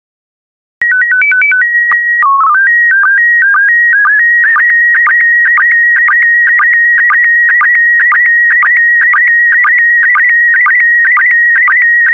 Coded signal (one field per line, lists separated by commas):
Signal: SSTV (slow-scan television)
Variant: PD 120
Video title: 155069 Canoeing and Kayaking SSTV PD120